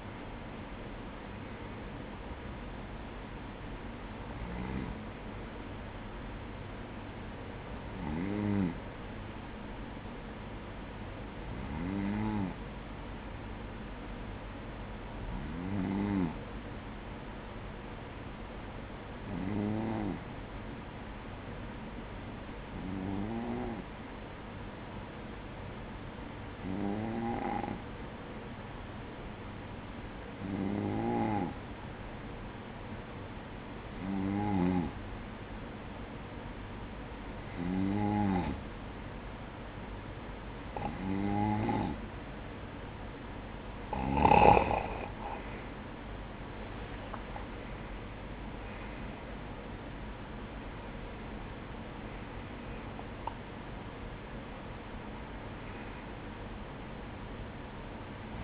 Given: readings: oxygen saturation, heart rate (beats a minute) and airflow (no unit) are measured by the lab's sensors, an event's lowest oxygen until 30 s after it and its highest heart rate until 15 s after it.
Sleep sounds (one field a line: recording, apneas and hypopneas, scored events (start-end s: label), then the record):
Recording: breathing in sleep by a voice recorder at the bedside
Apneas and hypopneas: 1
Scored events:
11.00-45.50 s: hypopnea (N1, oxygen 96% highest, then 93% lowest, heart rate 57 at the start, 65 highest)
33.00-58.44 s: new sleep stage, N2 (light sleep)
From the record:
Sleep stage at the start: N1 (lightest sleep)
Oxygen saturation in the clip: 93 to 96%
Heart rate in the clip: 54 to 65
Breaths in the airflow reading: 16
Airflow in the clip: -10.8 to 9.6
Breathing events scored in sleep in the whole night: 180 in 6.7 hours asleep